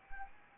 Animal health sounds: mosquito wingbeat signal from an infrared sensor; Anopheles arabiensis

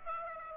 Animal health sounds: mosquito wingbeat signal from an infrared sensor; Aedes aegypti

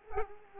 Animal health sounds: mosquito wingbeat signal from an infrared sensor; Culex quinquefasciatus

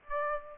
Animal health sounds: mosquito wingbeat signal from an infrared sensor; Aedes aegypti

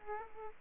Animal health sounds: mosquito wingbeat signal from an infrared sensor; Aedes aegypti

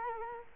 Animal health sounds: mosquito wingbeat signal from an infrared sensor; Culex quinquefasciatus

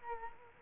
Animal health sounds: mosquito wingbeat signal from an infrared sensor; Culex quinquefasciatus

